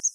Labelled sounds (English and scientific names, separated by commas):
Grace's Warbler (Setophaga graciae) flight call